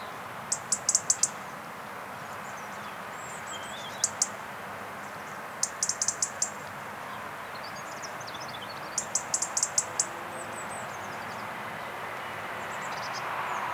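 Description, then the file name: European robin tick calls come in clusters of rapid sharp clicks every few seconds, with faint thin twittering notes in between and steady background hiss. "Erithacus rubecula"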